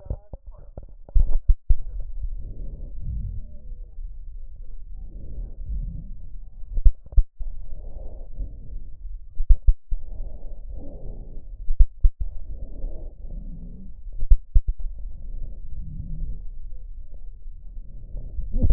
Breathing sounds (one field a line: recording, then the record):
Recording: lung sounds by stethoscope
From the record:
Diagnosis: chronic bronchitis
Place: left posterior upper chest